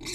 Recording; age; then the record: pig call; weaner (32 to 43 days)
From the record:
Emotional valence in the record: negative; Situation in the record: novel object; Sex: female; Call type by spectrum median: high-frequency call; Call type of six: high-frequency stable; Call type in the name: high-frequency stable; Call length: 0.15 s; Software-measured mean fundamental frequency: 64 Hz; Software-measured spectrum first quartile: 871 Hz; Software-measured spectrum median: 3617 Hz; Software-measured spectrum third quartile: 5786 Hz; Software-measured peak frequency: 332 Hz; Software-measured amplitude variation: 89 dB a second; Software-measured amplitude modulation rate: 13.4 a second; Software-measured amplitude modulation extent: 6.6 dB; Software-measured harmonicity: 2.3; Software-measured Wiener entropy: -2.42